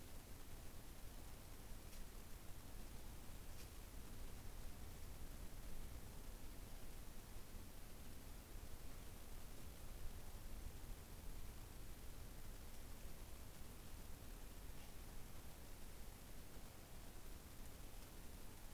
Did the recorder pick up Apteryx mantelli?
no